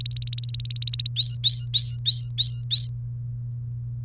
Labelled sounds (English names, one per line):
Domestic Canary song